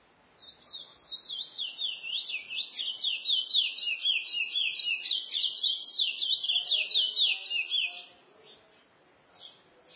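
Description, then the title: Chestnut-bellied seed finch song: a long, rapid run of sweet warbled whistles sliding up and down, lasting about seven seconds before stopping, with faint low background hiss. "Canto De Curio"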